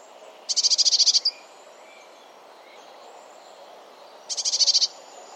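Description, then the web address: Bird call given twice: fast chattering bursts of high notes, each under a second, separated by about three seconds of near-quiet. "cianscape birddata Deverinetal 2025 Bird Only Cy Ca"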